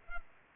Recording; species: mosquito wingbeat signal from an infrared sensor; Culex pipiens